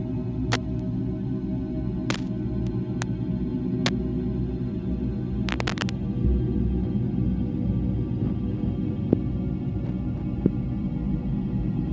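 Melting snow in a radiophonic piece: a steady, dense low rumble, with sharp scattered clicks and ticks, clustered around five to six seconds.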